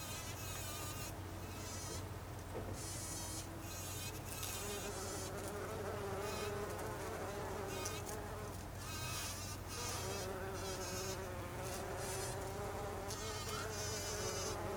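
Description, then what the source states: Bumblebee buzzing, a wavering drone that briefly weakens and returns, over a continuous low hum. Bumblebees recorded on 26 August 2012.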